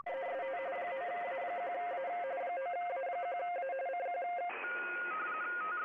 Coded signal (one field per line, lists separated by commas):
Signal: RTTY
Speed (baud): 45.45 baud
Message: EST 9A1A 9A1A CQ